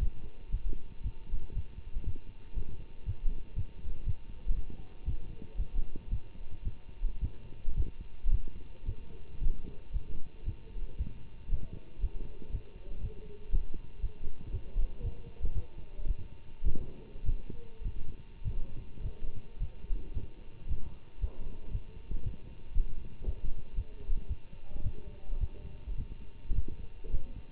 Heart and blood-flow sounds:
heart sounds by stethoscope; between the tricuspid and mitral areas; 113 bpm
0.51 s: heartbeat
1.02 s: heartbeat
1.54 s: heartbeat
2.05 s: heartbeat
2.55 s: heartbeat
3.05 s: heartbeat
3.55 s: heartbeat
4.05 s: heartbeat
4.55 s: heartbeat
5.05 s: heartbeat
5.57 s: heartbeat
6.10 s: heartbeat
6.64 s: heartbeat
7.20 s: heartbeat
7.76 s: heartbeat
8.31 s: heartbeat
8.85 s: heartbeat
9.40 s: heartbeat
9.92 s: heartbeat
10.45 s: heartbeat
10.97 s: heartbeat
11.49 s: heartbeat
12.00 s: heartbeat
12.51 s: heartbeat
13.01 s: heartbeat
13.51 s: heartbeat
14.01 s: heartbeat
14.51 s: heartbeat
15.02 s: heartbeat
15.53 s: heartbeat
16.07 s: heartbeat
16.63 s: heartbeat
17.24 s: heartbeat
17.83 s: heartbeat
18.43 s: heartbeat
19.02 s: heartbeat
19.59 s: heartbeat
20.13 s: heartbeat
20.67 s: heartbeat
21.20 s: heartbeat
21.71 s: heartbeat
22.22 s: heartbeat
22.73 s: heartbeat
23.24 s: heartbeat
23.75 s: heartbeat
24.28 s: heartbeat
24.82 s: heartbeat
25.39 s: heartbeat
25.96 s: heartbeat
26.54 s: heartbeat
27.11 s: heartbeat
From the record:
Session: Bruce protocol treadmill stress test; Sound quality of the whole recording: good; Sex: male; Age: 24 years

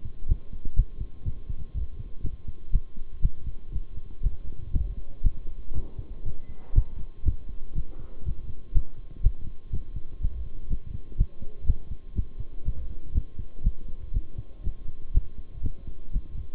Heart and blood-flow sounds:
heart sounds by stethoscope; between the tricuspid and mitral areas; 121 bpm
0.28 s: heartbeat
0.76 s: heartbeat
1.25 s: heartbeat
1.74 s: heartbeat
2.23 s: heartbeat
2.72 s: heartbeat
3.22 s: heartbeat
3.72 s: heartbeat
4.23 s: heartbeat
4.73 s: heartbeat
5.23 s: heartbeat
5.74 s: heartbeat
6.25 s: heartbeat
6.75 s: heartbeat
7.25 s: heartbeat
7.75 s: heartbeat
8.25 s: heartbeat
8.74 s: heartbeat
9.23 s: heartbeat
9.72 s: heartbeat
10.21 s: heartbeat
10.70 s: heartbeat
11.18 s: heartbeat
11.66 s: heartbeat
12.15 s: heartbeat
12.65 s: heartbeat
13.14 s: heartbeat
13.64 s: heartbeat
14.14 s: heartbeat
14.64 s: heartbeat
15.14 s: heartbeat
15.63 s: heartbeat
16.13 s: heartbeat
From the record:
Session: bicycle stress test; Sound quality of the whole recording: good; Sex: male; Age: 23 years

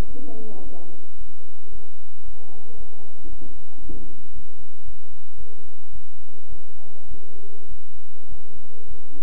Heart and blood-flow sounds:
heart sounds by stethoscope; between the tricuspid and mitral areas; 109 bpm
0.08 s: heartbeat
0.63 s: heartbeat
1.18 s: heartbeat
1.72 s: heartbeat
2.25 s: heartbeat
2.77 s: heartbeat
3.30 s: heartbeat
3.82 s: heartbeat
4.33 s: heartbeat
4.85 s: heartbeat
5.38 s: heartbeat
5.92 s: heartbeat
6.49 s: heartbeat
7.08 s: heartbeat
7.68 s: heartbeat
8.29 s: heartbeat
8.88 s: heartbeat
From the record:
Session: bicycle stress test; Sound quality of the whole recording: good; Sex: male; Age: 23 years

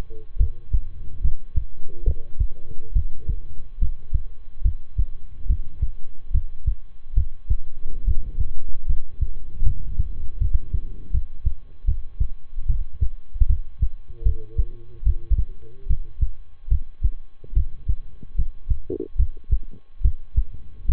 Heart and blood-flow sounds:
heart sounds by stethoscope; between the tricuspid and mitral areas; 73 bpm
0.36 s: heartbeat
1.20 s: heartbeat
2.03 s: heartbeat
2.92 s: heartbeat
3.78 s: heartbeat
4.61 s: heartbeat
5.46 s: heartbeat
6.30 s: heartbeat
7.13 s: heartbeat
8.04 s: heartbeat
8.85 s: heartbeat
9.62 s: heartbeat
10.38 s: heartbeat
11.10 s: heartbeat
11.84 s: heartbeat
12.66 s: heartbeat
13.46 s: heartbeat
14.22 s: heartbeat
15.03 s: heartbeat
15.86 s: heartbeat
16.68 s: heartbeat
17.53 s: heartbeat
18.35 s: heartbeat
19.16 s: heartbeat
20.01 s: heartbeat
20.85 s: heartbeat
From the record:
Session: rest, lying down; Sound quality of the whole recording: good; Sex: male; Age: 23 years

